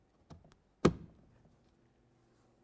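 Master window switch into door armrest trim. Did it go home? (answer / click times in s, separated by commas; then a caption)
yes / 0.3 s, 0.5 s, 0.8 s. A master power window switch for a 2009-2020 Dodge Journey is slid down into position in the plastic door armrest trim, and its locking tabs snap in with light clicks at 0.3 s and 0.5 s and a louder, sharper click at 0.9 s. The switch ends up completely seated in the trim.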